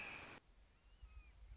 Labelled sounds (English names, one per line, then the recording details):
Red-shouldered Hawk
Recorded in Sonoma County, California